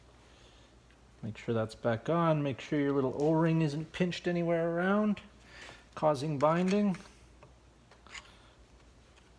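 Someone talks while handling the metal retaining clip as it is about to slide back over the new bushing on the windshield wiper linkage arm pivot of a 1997-2003 Ford F-150, with its small o-ring checked for pinching that could cause binding. Only a few faint, short handling taps follow near the end. The clip has not clicked into place yet.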